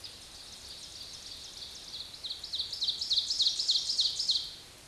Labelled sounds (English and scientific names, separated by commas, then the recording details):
Ovenbird (Seiurus aurocapilla) song
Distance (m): 15 m
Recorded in a Pennsylvania forest on 18 May 2023 at 05:57
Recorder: AudioMoth, point grid1_2_low
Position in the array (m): 160 m, 16 m